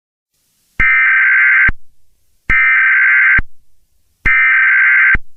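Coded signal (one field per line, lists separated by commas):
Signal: Emergency Alert System (SAME) tones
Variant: header bursts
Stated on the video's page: Fictional scenario.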